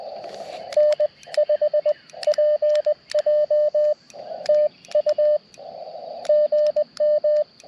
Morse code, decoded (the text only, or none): N5PJ TU GM